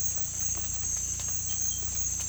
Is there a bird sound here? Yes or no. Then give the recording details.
no. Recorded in pastures near Puerto Asís, Putumayo, Colombia, on 18 December 2024 at 01:00. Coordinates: 0.472, -76.331. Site GP02